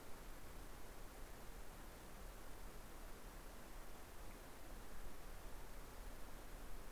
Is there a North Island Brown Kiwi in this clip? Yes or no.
no